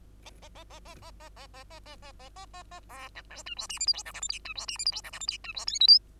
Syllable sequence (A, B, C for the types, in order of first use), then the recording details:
A A A A A A A A A A A A A A A A B C D E F G H I J K L M N E F G H I J K L M N E F O P Q. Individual Bird2